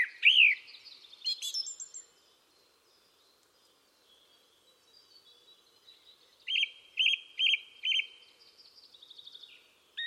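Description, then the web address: Bird calls: a sharp arched chirp and high squeaks at the start, a quiet pause, then four evenly spaced whistled notes and a soft rapid twitter. "cianscape birddata Deverinetal 2025. Bird Only"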